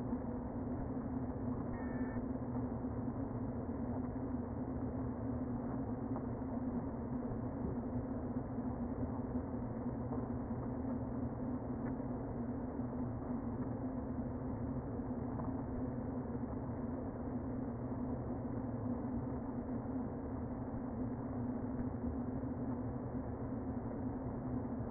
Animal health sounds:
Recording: honeybee colony, microphone inside the hive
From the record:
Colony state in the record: queen present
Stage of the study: before two queens were removed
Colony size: about 60,000 bees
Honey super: yes

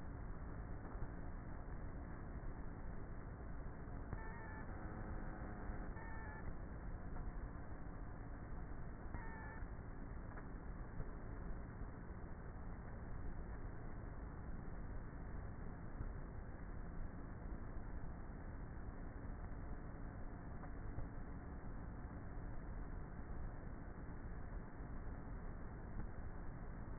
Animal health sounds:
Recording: honeybee colony, microphone inside the hive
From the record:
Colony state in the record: queenless with a low population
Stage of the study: before two queens were removed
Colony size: about 30,000 bees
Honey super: no

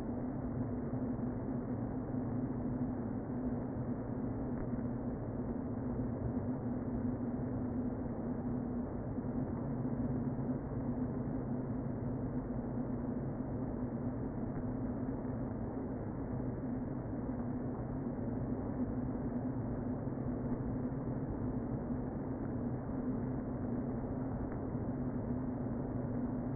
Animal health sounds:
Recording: honeybee colony, microphone inside the hive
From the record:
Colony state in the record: queen present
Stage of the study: before two queens were removed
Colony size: about 60,000 bees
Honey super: yes

